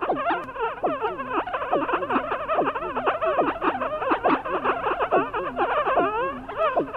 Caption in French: Le son du cerveau qui devient plus désorganisé.